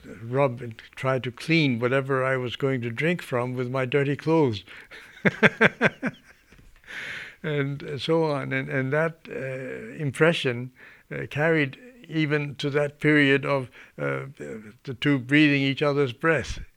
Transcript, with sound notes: rub, try to clean whatever I was going to drink from with my dirty clothes. (he laughs) And so on. And that impression carried even to that period of the two breathing each other's breath.